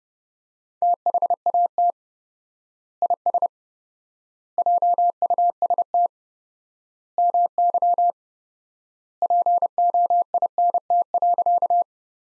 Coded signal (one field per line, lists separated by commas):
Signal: Morse code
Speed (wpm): 29 wpm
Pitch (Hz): 700 Hz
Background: none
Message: THAT IS JUST MY POINT.